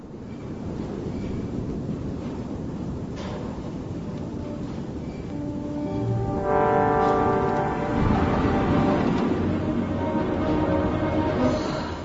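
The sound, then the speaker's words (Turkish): A snow blizzard roars steadily, a dense rushing hiss that swells louder midway as high, wavering howls and whistling tones rise over it and linger to the end. The snow is so thick that nothing can be seen outside. “Fena bastırdı. Tipi halinde yağıyor. Göz gözü görmüyor dışarıda.”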